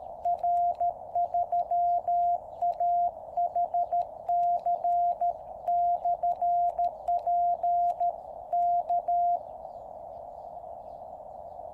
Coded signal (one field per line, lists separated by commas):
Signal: Morse code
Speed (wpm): 13 wpm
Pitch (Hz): 700 Hz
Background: radio noise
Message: R3AHC/P K